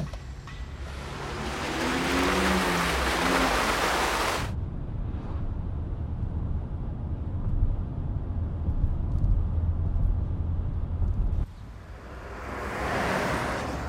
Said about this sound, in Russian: Игорь садится в машину и едет с водителем по городу.